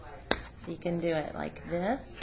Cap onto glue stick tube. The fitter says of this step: and push it down did you hear it click